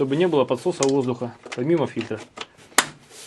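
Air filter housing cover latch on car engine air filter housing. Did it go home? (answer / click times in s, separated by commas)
yes / 2.8 s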